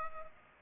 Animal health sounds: mosquito wingbeat signal from an infrared sensor; Culex pipiens

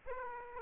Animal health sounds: mosquito wingbeat signal from an infrared sensor; Aedes aegypti

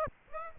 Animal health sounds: mosquito wingbeat signal from an infrared sensor; Aedes aegypti

